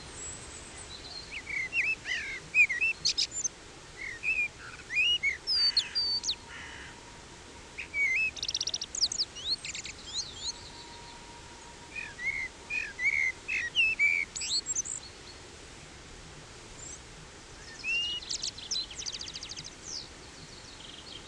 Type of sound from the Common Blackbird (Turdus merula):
song